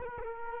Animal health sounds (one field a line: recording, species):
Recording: mosquito wingbeat signal from an infrared sensor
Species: Culex quinquefasciatus